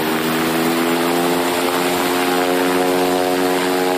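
A propeller training airplane's engine drones loudly and steadily, a dense buzzing roar with a stack of even harmonic tones that holds constant throughout, with no voices.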